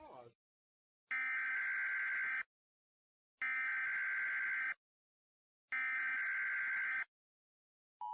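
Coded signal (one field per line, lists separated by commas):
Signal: Emergency Alert System (SAME) tones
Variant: header bursts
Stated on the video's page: Fictional EAS scenario, a simulated Christmas special about Nibiru.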